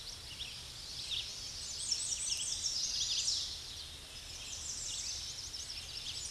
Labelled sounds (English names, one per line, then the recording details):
American Redstart song
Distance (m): 40 m
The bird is about 10 m above the microphone
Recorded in a Pennsylvania forest on 16 May 2024 at 08:12
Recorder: AudioMoth, point MSD-0263
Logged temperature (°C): 16.0 °C
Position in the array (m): 102 m, 243 m